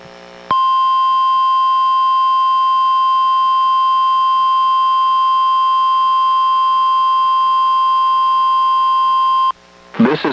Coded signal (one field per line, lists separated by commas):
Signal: Emergency Alert System (SAME) tones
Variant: 1050 Hz attention tone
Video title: EAS #1021: NWR Required Weekly Test- Nov. 6, 2024- 11:04AM PST